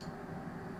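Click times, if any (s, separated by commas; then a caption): none. During a dial repair, a small fitted part is handled at a clock or watch dial assembly, with a steady low rumbling hum throughout and no distinct click. Nothing has seated or clicked into place yet.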